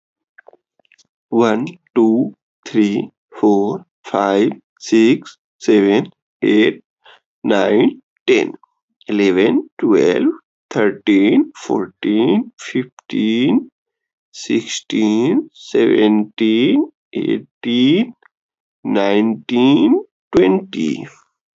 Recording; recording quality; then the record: counting at a normal pace; excellent, no background noise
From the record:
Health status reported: healthy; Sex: male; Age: 25 years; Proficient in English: yes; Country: India